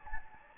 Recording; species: mosquito wingbeat signal from an infrared sensor; Anopheles gambiae